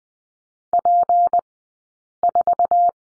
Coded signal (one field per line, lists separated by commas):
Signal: Morse code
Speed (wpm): 20 wpm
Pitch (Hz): 700 Hz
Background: none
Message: P4